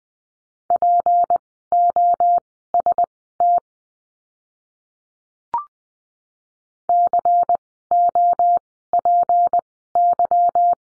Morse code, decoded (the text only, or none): POST COPY